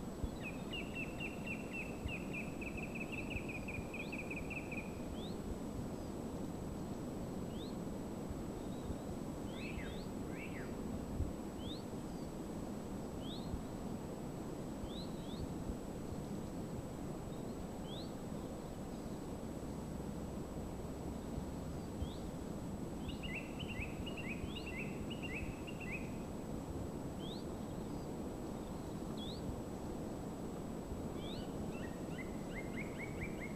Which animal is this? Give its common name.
Song Thrush